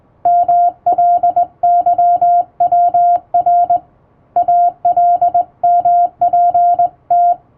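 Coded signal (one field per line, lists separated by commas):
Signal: Morse code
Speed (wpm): 20 wpm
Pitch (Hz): 700 Hz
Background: music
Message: MLYWR ALMPT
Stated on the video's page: Hand-keyed Morse on a straight key with correct posture and basic keying, sending English-language telegram practice text from a radiotelegraph practice book, for practice.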